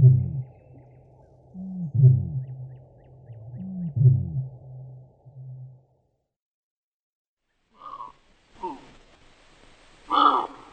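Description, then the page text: Eurasian bittern giving three low, resonant booms roughly two seconds apart, the last two each led in by a short intake. After a pause come a few higher, mid-pitched calls. "Пение птиц - Большая выпь"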